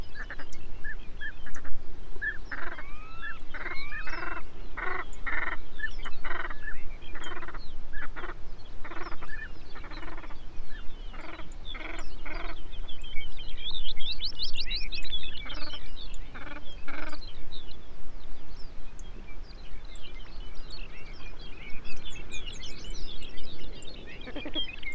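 Ptarmigan give rapid, stuttering clucks through the first half, while thin, bright birdsong trills rise later over a steady low rush.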